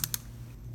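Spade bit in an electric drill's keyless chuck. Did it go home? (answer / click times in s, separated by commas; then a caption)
yes / 0.0 s, 0.1 s. A keyless chuck on an electric drill is tightened around a spade bit: the bottom of the chuck is held while the top part is spun to snug it up and then gripped harder to lock. Two short, sharp clicks ring out at 0.0 and 0.1 s over a steady low hum, and the chuck is locked and seated on the bit.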